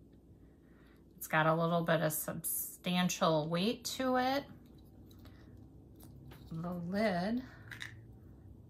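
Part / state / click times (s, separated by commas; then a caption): lid of a miniature covered basket closing onto the basket body / seated / 7.7 s, 7.8 s. Someone talks while handling a small 1:12 scale covered basket, likely plastic or resin, then closes its lid onto the basket body. Two short, sharp clicks are heard at 7.7 s and 7.8 s as the lid clicks shut and seats in place.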